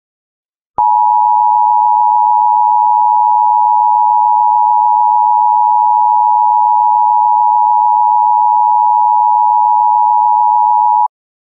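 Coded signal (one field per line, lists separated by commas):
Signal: Emergency Alert System (SAME) tones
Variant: 853 and 960 Hz attention tone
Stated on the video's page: Fictional creepypasta Emergency Alert System recreation.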